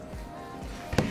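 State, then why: Seated. Two snap-fit build parts, a snap-fit piece going into a keyboard build part, are pushed together over a quiet, steady background. A single sharp snap sounds at 1.0 s as they lock in place, holding without screws.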